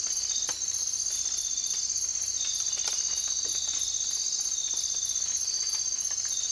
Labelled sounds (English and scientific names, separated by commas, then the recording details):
none
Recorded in dense forest near Puerto Asís, Putumayo, Colombia, on 24 March 2025 at 03:30
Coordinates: 0.503, -76.323
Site GP09